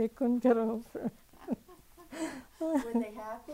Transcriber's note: laughs